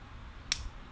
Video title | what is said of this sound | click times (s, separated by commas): Monsieur Helm One Watch Review - live on Kickstarter next week! | uh see what a satisfying click so yeah it's a very solid uh bracelet trout very comfortable as well | 0.5 s